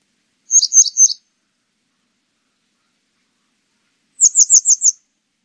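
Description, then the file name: Grey wagtail giving two bursts of sharp, high, metallic chips, three notes then about five, separated by several seconds of quiet. "노랑할미새"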